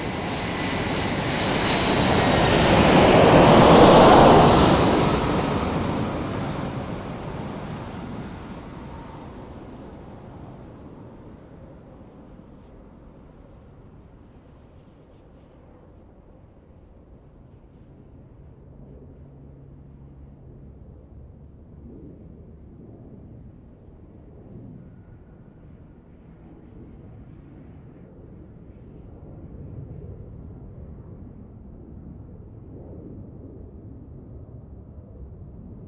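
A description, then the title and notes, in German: A loud roar at Kloten airport, likely an aircraft passing, swells to a peak around four seconds, full and hissing up high, then fades away over the next several seconds. Afterward a low, uneven rumble continues with scattered soft knocks and a slight rise near thirty seconds. September, 13:24 CET. Flughafen Kloten.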